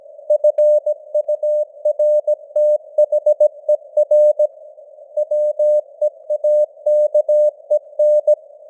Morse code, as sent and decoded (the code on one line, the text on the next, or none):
..-. ..- .-. - .... . .-. / .-- . .- -.- . -.
FURTHER WEAKEN